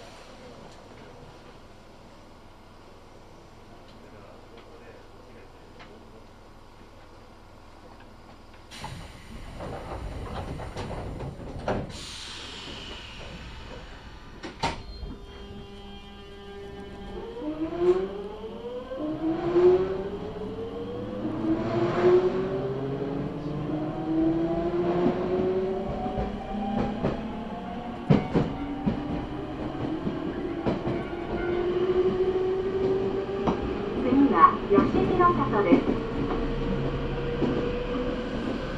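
A Nankai Line local train sets off: quiet at first, then clunks near nine seconds and a rising motor whine that climbs repeatedly as it accelerates.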